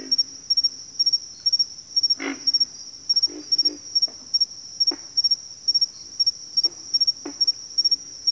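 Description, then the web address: Pig frog giving scattered low grunts, mostly single and a few doubled, against a continuous high buzzing and pulsing insect background. Bayou habitat; more than one frog. "Echoes of Nature - Bayou 02 Pig Frogs"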